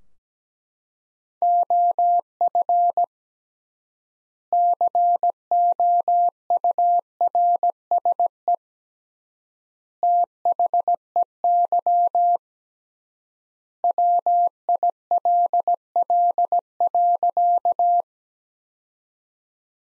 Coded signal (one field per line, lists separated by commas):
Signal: Morse code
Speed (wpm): 17 wpm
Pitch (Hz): 700 Hz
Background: none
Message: OF COURSE THEY WILL.